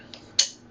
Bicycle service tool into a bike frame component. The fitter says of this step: This tool should lock in here in a second. We should hear a click.